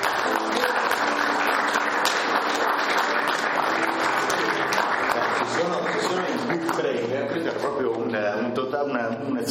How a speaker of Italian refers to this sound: Che deve essere in sala, quindi facciamo anche lui gli applausi perché se cioè, lo ringrazio.